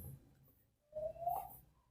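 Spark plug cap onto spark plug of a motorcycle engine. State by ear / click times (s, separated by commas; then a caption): not seated / none. A rubber spark plug cap is fitted and positioned over the spark plug of a Honda Beat FI motorcycle engine before being pressed home, so water won't get in when riding through floods. A faint low rumble fades out, then a steady whistle-like tone near 600–700 Hz rises from about 0.9 s and fades by about 1.6 s. Nothing has seated or clicked yet.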